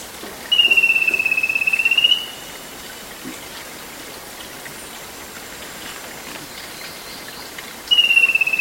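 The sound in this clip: Bird call: a long, steady, finely pulsed high whistled note lasting about one and a half seconds, and the start of another several seconds later, over a steady hiss.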